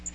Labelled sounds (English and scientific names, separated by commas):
Magnolia Warbler (Setophaga magnolia) flight call